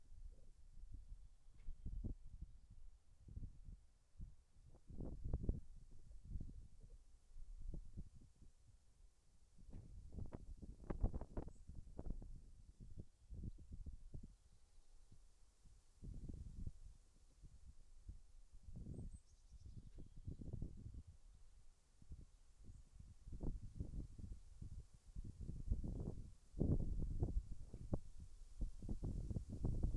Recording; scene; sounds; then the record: everyday scene through a hearing-aid microphone; wind on the microphone; gentle breeze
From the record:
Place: in front of a rural house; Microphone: behind the ear, left, front